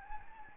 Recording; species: mosquito wingbeat signal from an infrared sensor; Anopheles gambiae